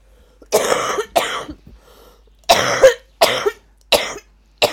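About six sharp, forceful coughs come in an uneven cluster over under five seconds, each a short noisy burst, some with a second push. It is a plain adult coughing fit close to a microphone in a small room, with the cougher in the same room as the microphone.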